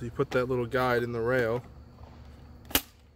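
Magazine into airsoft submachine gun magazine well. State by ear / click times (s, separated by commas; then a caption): seated / 2.8 s. Someone talks as the guide on an airsoft drum/stick magazine is slid along the rail of a Cybergun Thompson 1928 airsoft SMG and pushed up into the magazine well. After a quiet pause, a sharp click at 2.8 seconds signals the magazine latching home and seating.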